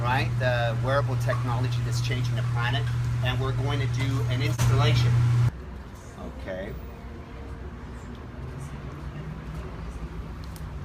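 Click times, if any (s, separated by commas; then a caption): 10.6 s. A wearable health tracker module is pressed into its wristband holder while someone talks over a steady low hum. The talking stops around 5.5 seconds, leaving quieter background noise. A short sharp click at 10.6 seconds marks the module snapping into place in the wristband.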